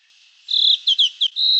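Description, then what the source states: Rose robin calling with a high, clear whistled phrase: a sustained note, then three short slurred notes and another drawn-out whistle. Canberra garden bird.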